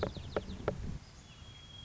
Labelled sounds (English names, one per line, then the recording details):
White-crowned Sparrow
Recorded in Sonoma County, California